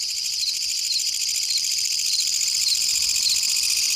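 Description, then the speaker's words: Emma field cricket chirping, a high, shimmering trill that goes on without pause. Recorded outdoors at night; still calling. "哎，这还在叫呢。这就是那个油葫芦。"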